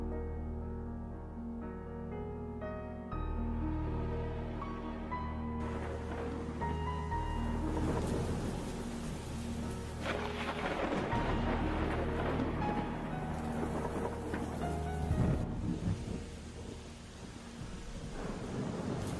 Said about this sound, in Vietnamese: Trời đổ về đêm, cơn mưa đổi mùa rơi rào rào ở trên mái nhà, nhỏ giọt tí tách bên cửa sổ.